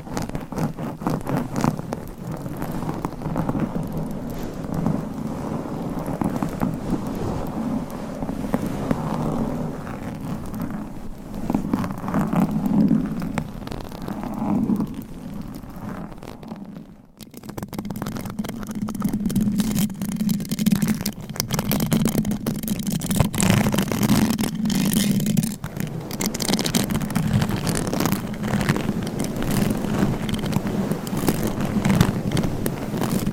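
Continuous mic scratching, a dense rough rustle with a steady low rumble and brighter crackly grit above. The texture churns without pause except for a brief dip and cut around seventeen seconds, after which the layered scraping resumes at similar strength.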